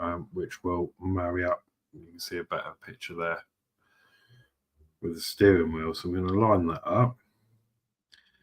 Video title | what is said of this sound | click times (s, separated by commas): Build The VW T1 Samba - ISSUE 89 | and that gets fitted is just push fitted and that clicked into place | 8.1 s